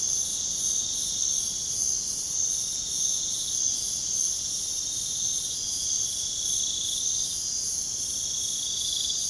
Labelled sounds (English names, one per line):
none